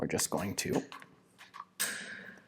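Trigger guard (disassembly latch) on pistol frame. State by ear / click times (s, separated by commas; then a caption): released / 1.6 s. Someone talks, then the steel trigger guard on a vz.82 pistol frame, which acts as the disassembly latch, is pulled down out of its locked position so the slide can come off the front. It gives a stiff, sharp snap at 1.6 s as the guard releases.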